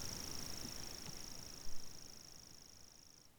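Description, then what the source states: Common grasshopper warbler reeling in a steady, high, mechanical trill that runs unbroken for about three seconds and then stops, over low background rumble. Recorded 25 June 2020.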